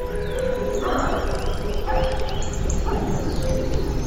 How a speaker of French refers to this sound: Pas si bête, une chronique sur le monde sonore animal. Aujourd'hui, le loup gris.